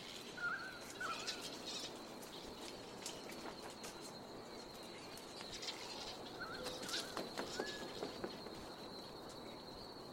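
Grey-headed flying foxes chatter in a thin, steady wash, with a high continuous whine running throughout and short squeaks and chirps popping up irregularly, clustered around the start and again near seconds six to eight. A soft breeze hiss fills the low end beneath.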